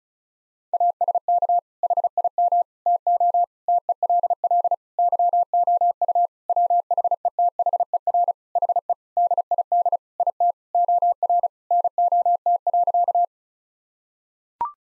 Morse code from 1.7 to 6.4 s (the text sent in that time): HIM TO TELL YOU